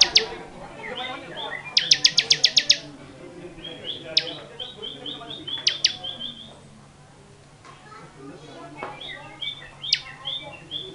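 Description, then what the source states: Bar-winged prinia song: one rapid burst of sharp, high, repeated notes near the start, then scattered single high notes, with other birds chirping. Song in the 'ngebren' style.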